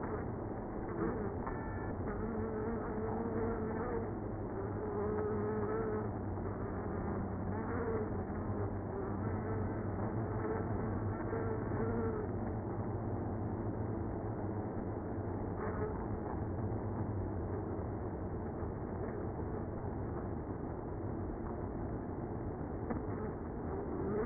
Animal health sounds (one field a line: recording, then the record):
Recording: honeybee colony, microphone inside the hive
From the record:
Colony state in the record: queenless (queen removed)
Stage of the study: after two queens were removed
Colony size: about 60,000 bees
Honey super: yes